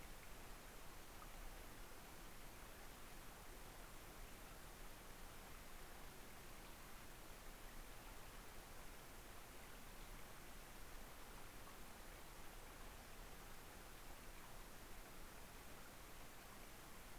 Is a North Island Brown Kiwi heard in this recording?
no